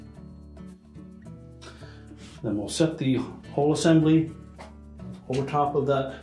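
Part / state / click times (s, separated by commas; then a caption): drain trap assembly into dishwasher sump / not seated / none. The gusset of a plastic Frigidaire drain trap (part 154252701) sits on its shoulder while the trap assembly is handled over a Frigidaire dishwasher sump, before being set over the center portion and pressed down. Someone talks over soft background music, with brief handling knocks at about 0.6, 1.2, 4.6 and 5.0 seconds. Nothing has seated or clicked yet.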